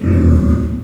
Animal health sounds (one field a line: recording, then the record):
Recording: squeal of a Yucatan mini pig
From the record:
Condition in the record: after surgery on the right vocal fold (resection and tissue-engineered implant)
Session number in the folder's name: 11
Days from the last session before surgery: 98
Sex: female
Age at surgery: 19 weeks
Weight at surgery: 25 kg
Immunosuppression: prednisolone